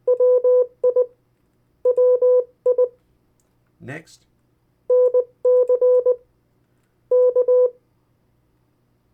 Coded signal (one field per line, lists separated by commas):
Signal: Morse code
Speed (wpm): 19 wpm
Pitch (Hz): 500 Hz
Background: speech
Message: WI WI NC K